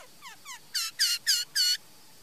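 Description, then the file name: Laughingthrush giving thin descending squeaks, then four loud, harsh, high-pitched notes in quick succession. "Tieng khuou hot"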